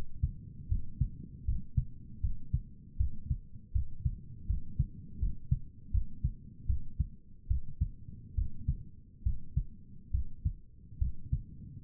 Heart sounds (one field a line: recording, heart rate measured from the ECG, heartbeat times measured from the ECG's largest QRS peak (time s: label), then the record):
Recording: heart sounds by stethoscope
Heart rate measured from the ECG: 76 bpm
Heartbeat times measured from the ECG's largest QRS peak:
0.70 s: heartbeat
1.46 s: heartbeat
2.22 s: heartbeat
2.99 s: heartbeat
3.74 s: heartbeat
4.48 s: heartbeat
5.20 s: heartbeat
5.93 s: heartbeat
6.68 s: heartbeat
7.49 s: heartbeat
8.36 s: heartbeat
9.25 s: heartbeat
10.13 s: heartbeat
11.00 s: heartbeat
From the record:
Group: healthy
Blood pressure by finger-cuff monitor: 110/66 mmHg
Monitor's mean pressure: 78 mmHg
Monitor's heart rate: 79 bpm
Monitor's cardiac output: 7 L/min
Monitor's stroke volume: 90 mL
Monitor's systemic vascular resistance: 780 dyn s/cm5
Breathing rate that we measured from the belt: 17 breaths a minute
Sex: male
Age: 19 years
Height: 178 cm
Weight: 83 kg